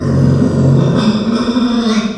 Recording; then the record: squeal of a Yucatan mini pig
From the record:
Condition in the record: after surgery on the right vocal fold (resection and tissue-engineered implant); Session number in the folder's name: 14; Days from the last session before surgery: 133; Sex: female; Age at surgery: 19 weeks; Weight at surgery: 25 kg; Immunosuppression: prednisolone